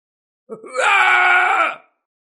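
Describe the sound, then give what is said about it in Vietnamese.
A man burning alive like a living torch lets out a single anguished scream, starting with a short strained grunt and then holding a loud, harsh, rising cry for about a second before cutting off. “Thái thượng trưởng lão Cơ Gia kêu rống thảm thiết, hoàn toàn trở thành một bó đuốc sống.”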